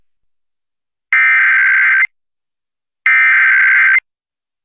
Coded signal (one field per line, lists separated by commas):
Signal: Emergency Alert System (SAME) tones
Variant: header bursts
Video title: EAS Florida Amber Alert for Terry Reed on WPYO Maitland, FL (Power 95.3) (2/16/22)